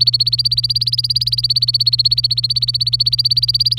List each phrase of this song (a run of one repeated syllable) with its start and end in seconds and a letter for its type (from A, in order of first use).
0.00-3.79 A